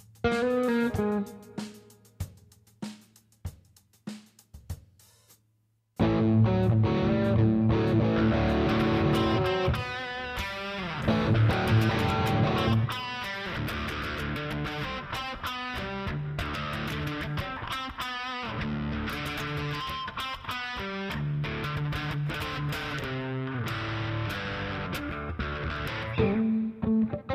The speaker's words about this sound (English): crazy tone on that thing, man. Is this your regular guitar